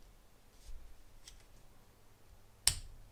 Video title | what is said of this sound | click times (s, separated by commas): Rainy season prep and saving $$$, installing wiper blades youself! | And then it snaps in place just like that. | 2.7 s